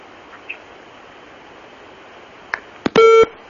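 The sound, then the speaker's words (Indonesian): A few sharp clicks over a low line hiss, then a loud, steady electronic beep with a buzzy edge that holds for about a quarter second: a telephone disconnect tone as a caller's line drops during a phone-in question session with an Ustaz. “Ah, sudah terputus itu lagi.”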